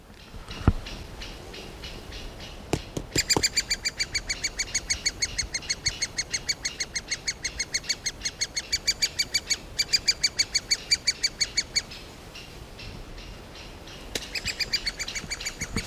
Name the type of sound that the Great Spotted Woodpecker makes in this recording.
call